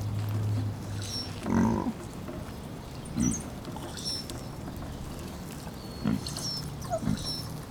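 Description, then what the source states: Pig grunting, a few brief low grunts scattered throughout, with soft rustling and thin high bird chirps behind. Piglets hanging out together.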